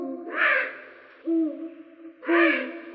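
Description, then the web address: Eurasian eagle-owl hoots: two deep, short, steady hoots about a second apart, alongside brief breathy rushing sounds. "Bubo bubo"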